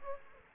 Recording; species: mosquito wingbeat signal from an infrared sensor; Aedes aegypti